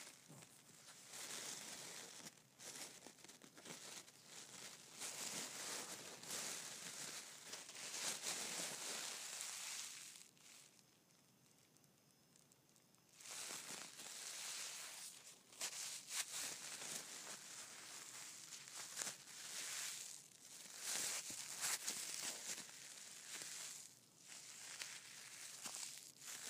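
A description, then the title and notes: Tissue paper rustles and crinkles in dense bright bursts, pausing quietly around ten to thirteen seconds before the handling resumes. ASMR Gift Wrapping and Tissue Paper.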